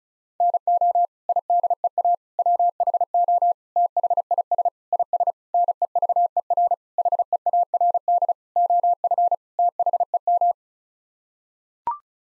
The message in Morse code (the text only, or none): NO IDEA WHO THIS IS NEVER HEARD OF THEM